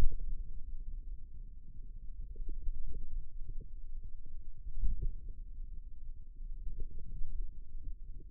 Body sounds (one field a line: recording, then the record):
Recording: forearm muscle sounds (acoustic myography)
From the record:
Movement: ulnar deviation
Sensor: system 2, bracelet of six BSWA MPA416 microphones around the upper forearm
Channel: 3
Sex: male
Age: 22 years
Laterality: right